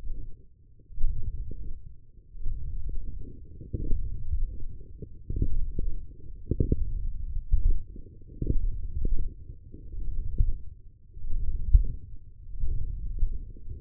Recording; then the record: forearm muscle sounds (acoustic myography)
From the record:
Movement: wrist extension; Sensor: system 1, eight BSWA MPA416 microphones around the upper forearm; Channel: 3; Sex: male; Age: 21 years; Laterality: right